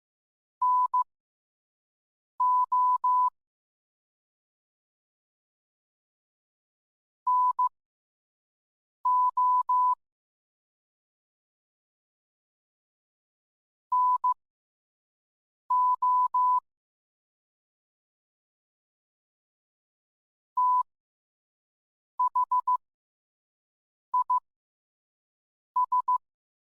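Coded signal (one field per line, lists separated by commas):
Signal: Morse code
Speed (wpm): 15 wpm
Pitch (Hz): 1000 Hz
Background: none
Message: NO NO NO THIS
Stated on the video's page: Morse code in a fictional story episode, accompanying a poem by John Keats.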